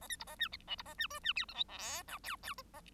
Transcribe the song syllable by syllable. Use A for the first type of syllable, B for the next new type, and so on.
A B C A D E C A D F D G H I J K L L A